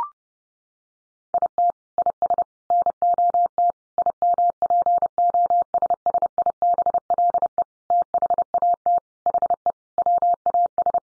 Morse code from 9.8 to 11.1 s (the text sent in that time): WAS